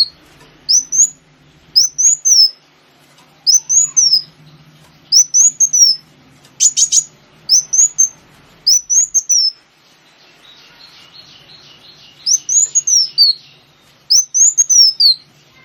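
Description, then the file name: Sunbird song: short high sliding whistles repeated in quick bursts, with a brief buzzy sound partway through and a soft low hum beneath. Lure recording used to attract the bird. "suara burung kolibri wulung pancingan"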